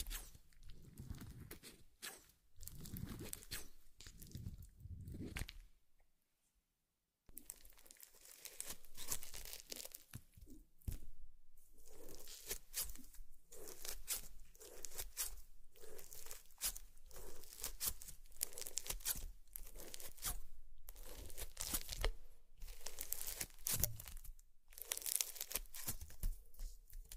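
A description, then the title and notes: Slime being squished and pulled, with a steady run of wet crackling, popping and tearing sounds in quick, irregular bursts. The texture is dense and bright throughout, with deeper squelches early on. A brief silence falls around six seconds before the sounds resume. Slime Sounds.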